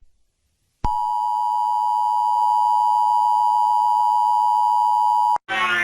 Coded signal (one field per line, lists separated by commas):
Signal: Emergency Alert System (SAME) tones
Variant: 853 and 960 Hz attention tone